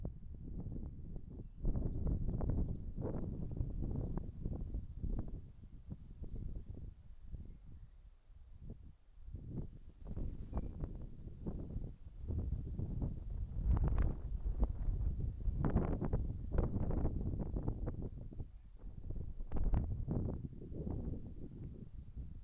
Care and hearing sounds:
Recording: everyday scene through a hearing-aid microphone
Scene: wind on the microphone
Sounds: wind, birds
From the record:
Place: in front of a rural house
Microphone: behind the ear, right, rear

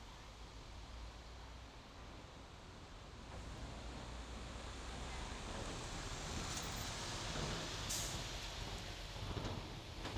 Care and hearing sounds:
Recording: everyday scene through a hearing-aid microphone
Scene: in traffic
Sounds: traffic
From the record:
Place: main road on the outskirts, rush hour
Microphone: in the ear canal, left

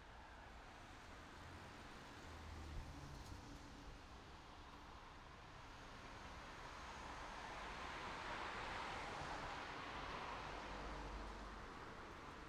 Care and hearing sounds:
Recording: everyday scene through a hearing-aid microphone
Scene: in traffic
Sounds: traffic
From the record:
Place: city secondary road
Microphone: in the ear canal, right

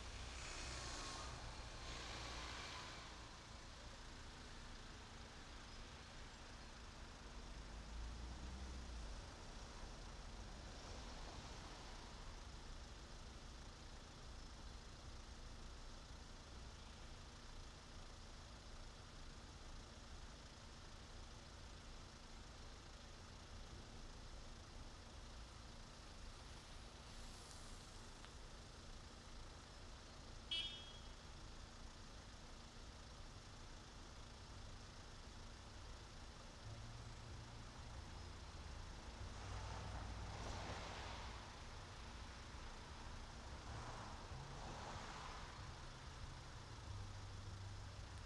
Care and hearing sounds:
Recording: everyday scene through a hearing-aid microphone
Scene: in traffic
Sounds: traffic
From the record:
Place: main road on the outskirts, rush hour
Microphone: in the ear canal, right

